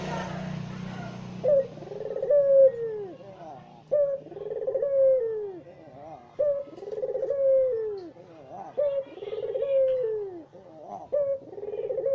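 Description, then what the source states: Barbary dove cooing steadily about every two and a half seconds: a clipped note, a rolling trill, then a long descending coo. Low noise sounds at the start. White Barbary dove; used as training audio for songbirds.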